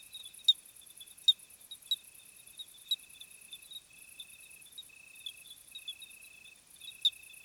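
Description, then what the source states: Crickets trilling in a faint high band broken into long phrases, a continuous higher shimmer above, with irregular sharp clicks scattered through. Summer evening chorus of crickets, 26 July 2020 at 21:15, Plateau de Lesches-en-Diois, hot night, recorded on Nagra Seven with B&K omni microphone.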